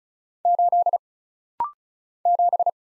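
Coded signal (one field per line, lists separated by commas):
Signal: Morse code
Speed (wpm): 35 wpm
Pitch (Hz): 700 Hz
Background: none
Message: 8 7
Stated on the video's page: Rapid-fire Morse drill of single letters, numbers, punctuation and prosigns at 35 wpm for instant character recognition.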